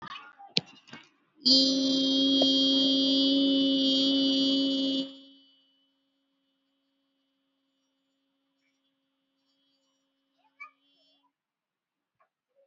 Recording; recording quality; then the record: sustained vowel as in beet; excellent, no background noise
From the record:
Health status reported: exposed to COVID-19, no respiratory illness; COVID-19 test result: negative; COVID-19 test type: RT-PCR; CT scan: not taken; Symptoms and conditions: cold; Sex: female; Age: 34 years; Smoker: no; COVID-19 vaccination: one dose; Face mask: worn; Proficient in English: yes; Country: India